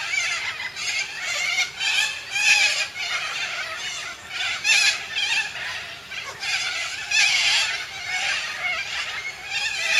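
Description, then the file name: Major Mitchell's cockatoo producing rasping, screechy calls in uneven series, some long and drawn out. "canto da cacatua inca"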